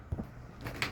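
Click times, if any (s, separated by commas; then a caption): 0.8 s. Both hands press a PC component into its mount in the case, lining up small nubs so it goes into the second and fourth slots. A soft knock near 0.1 s and some faint shuffling around 0.6–0.7 s lead up to a sharp, bright click at 0.8 s as the component seats firmly in place.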